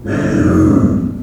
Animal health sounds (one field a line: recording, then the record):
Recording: squeal of a Yucatan mini pig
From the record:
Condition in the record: after surgery on the right vocal fold (resection and tissue-engineered implant)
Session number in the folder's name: 7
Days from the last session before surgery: 47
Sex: female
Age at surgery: 19 weeks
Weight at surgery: 25 kg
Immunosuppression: prednisolone